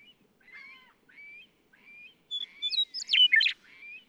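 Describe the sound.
Western meadowlark song: a few soft slurred whistles, then a loud bubbling, jumbled phrase of rapid notes near the end.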